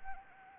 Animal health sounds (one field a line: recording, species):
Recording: mosquito wingbeat signal from an infrared sensor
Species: Anopheles arabiensis